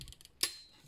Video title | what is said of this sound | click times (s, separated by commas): SAINT SEIYA: SAINT CLOTH MYTH EX - GEMINI SAGA Revival | plug that in make sure it clicks | 0.4 s